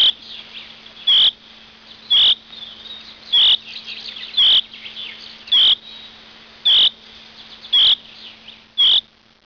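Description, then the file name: Eurasian chaffinch call: a sharp, bright single note repeated about once a second, with a faint steady low hum throughout. "erdei pinty"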